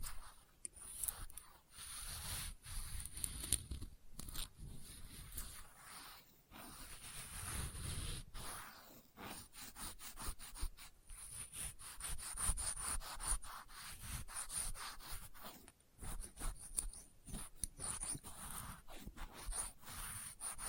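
Experimental triggers made with test tubes: a dense, scratchy rubbing and scraping that runs nearly the whole time, broken by many short gaps. The strokes come quickly and unevenly, with a low thumping underneath and a thin, steady high whine.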